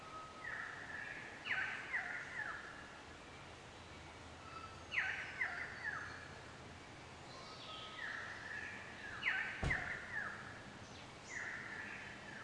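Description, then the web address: Shrike song: short whistled phrases that drop in pitch, repeated every three to four seconds over steady background hiss, with one sharp click. "ave cantos verdugo"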